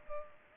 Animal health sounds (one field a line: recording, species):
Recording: mosquito wingbeat signal from an infrared sensor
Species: Culex pipiens